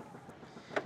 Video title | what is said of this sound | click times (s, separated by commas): etrailer - Feature Breakdown - Swagman Okanagan 125 Bike Rack on a 2023 Subaru Outback Wagon | now to do that all you have to do is lift up on the carrier from this side till it clicks into place | 0.8 s